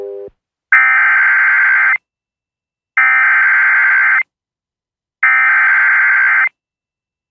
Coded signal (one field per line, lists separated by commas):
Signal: Emergency Alert System (SAME) tones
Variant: header bursts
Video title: A Horrible Relay Of A GSP SVR + VA SVR EAS #678-679